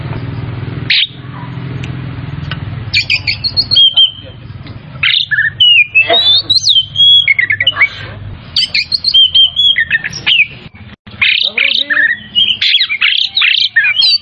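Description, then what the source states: Oriental magpie-robin singing vigorously: rapid run of varied whistled notes, harsh chips and slurred phrases, nearly continuous, with a low background hum. Kacer Tretes, singing vigorously (gacor).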